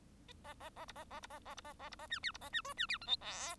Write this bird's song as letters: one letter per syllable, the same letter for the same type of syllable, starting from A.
A A A B A A B A A B A A B A C D B A C E C D F G H